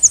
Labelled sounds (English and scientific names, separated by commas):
Yellow-throated Warbler (Setophaga dominica) flight call